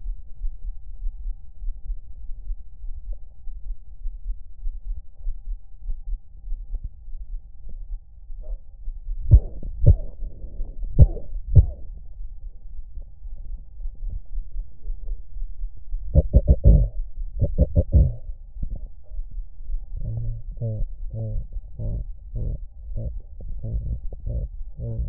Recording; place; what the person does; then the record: lung sounds by stethoscope; left anterior apical chest; quiet breathing, then cough and speech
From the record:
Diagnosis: none (healthy); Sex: male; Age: 23 years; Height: 185 cm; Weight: 93 kg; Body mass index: 27.2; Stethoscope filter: extended mode